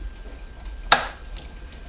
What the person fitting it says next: click on one side